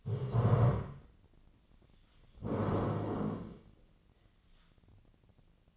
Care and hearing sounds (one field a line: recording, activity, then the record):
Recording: daily activity, microphone in the room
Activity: stand up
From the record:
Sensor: 4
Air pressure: 1013.1 hPa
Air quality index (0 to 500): 170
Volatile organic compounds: 2 ppm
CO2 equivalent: 1073 ppm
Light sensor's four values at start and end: 53/131/55/59 and 53/130/55/59